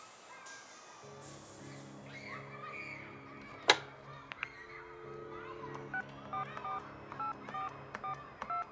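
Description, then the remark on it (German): Telephone dialing tones on a telephone hanging in a hallway: a run of about eight short, mid-pitched dual-tone beeps in an uneven rhythm, fairly faint over a low steady hum, after a single sharp click. “Ein Telefon. Das hängt im Flur.”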